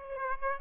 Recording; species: mosquito wingbeat signal from an infrared sensor; Aedes aegypti